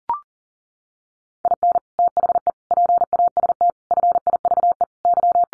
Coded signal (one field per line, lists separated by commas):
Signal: Morse code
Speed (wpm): 40 wpm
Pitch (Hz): 700 Hz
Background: none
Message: IN THE PAST FIVE Y